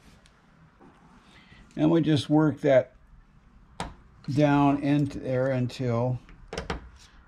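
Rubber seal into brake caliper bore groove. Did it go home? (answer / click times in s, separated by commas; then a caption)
yes / 6.7 s. A rubber seal is worked down into the groove of a motorcycle brake caliper bore with small pointed picks while someone talks. A few light clicks and taps come near the end, and the seal clicks into place at about 6.7 s.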